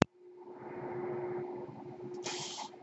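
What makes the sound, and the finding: Home mechanical ventilator. Mechanical ventilator sound.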